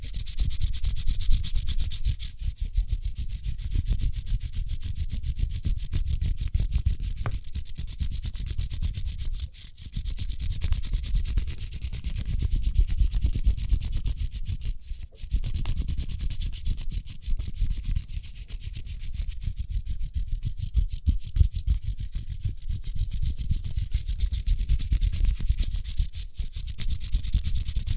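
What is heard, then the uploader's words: Speedy hand sounds: rapid, continuous rubbing with a dense scratchy hiss and a low rumbling underneath. The strokes are fast and fairly even, swelling and easing in waves every few seconds, with brief dips near ten and fifteen seconds. ASMR Speedy Hand Sounds (No Talking).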